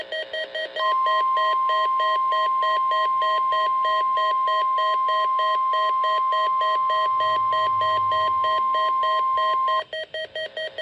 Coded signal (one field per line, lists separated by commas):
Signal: Emergency Alert System (SAME) tones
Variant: 1050 Hz attention tone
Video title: EAS #3: Required Weekly Test on KHA53 and EASyIPTV